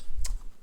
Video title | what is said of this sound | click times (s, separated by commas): TROUBLESHOOTING SERIES #15: Did My Bobbin Case Hack Attempt Work? Mixing Old & New Parts For a Fix!! | now once I have it lined up I can just go and you can hear a little click and it's and it's clipping onto that little Groove that I showed you in the drive shaft | 0.2 s